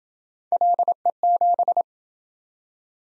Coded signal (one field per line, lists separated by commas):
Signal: Morse code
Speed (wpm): 26 wpm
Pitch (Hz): 700 Hz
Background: none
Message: LE7